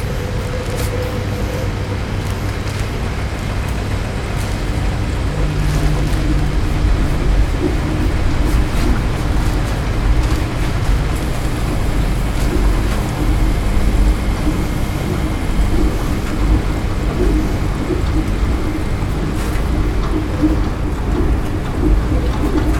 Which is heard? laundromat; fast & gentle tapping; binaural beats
laundromat